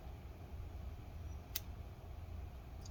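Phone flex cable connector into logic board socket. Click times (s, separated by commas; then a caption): 1.6 s. A flex cable connector is pressed onto its logic board socket inside an iPhone SE during a battery replacement. Over a low steady background rumble, one sharp click sounds at 1.6 s, followed by a much fainter tick near the end. The connector snaps in and is seated.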